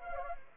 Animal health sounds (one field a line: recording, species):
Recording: mosquito wingbeat signal from an infrared sensor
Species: Anopheles gambiae